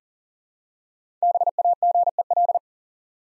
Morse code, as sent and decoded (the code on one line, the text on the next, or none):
-... .- --. . .-..
BAGEL